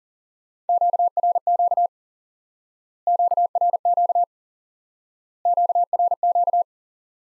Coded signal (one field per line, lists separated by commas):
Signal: Morse code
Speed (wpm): 40 wpm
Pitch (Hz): 700 Hz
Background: none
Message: QRQ QRQ QRQ